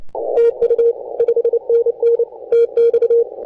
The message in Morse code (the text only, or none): TU 5NN TX